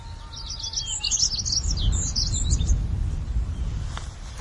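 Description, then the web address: Tree pipit calls: a quick run of thin, high chirping notes early, with a low steady hum of background noise throughout. "tree pipit bird call"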